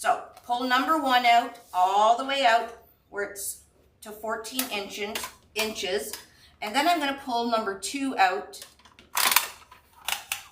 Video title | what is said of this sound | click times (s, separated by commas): Skull wreath - Halloween - UITC Large Wreath Board | and right till it clicks and you'll see the 15. | 10.3 s